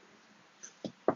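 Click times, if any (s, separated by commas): 1.1 s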